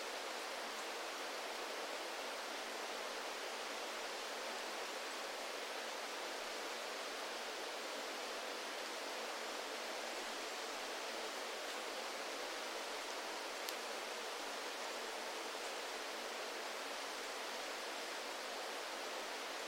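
Wind rushes through forest trees in a steady, dense hiss with little low rumble, unchanging throughout, broken only by a faint click near fourteen seconds.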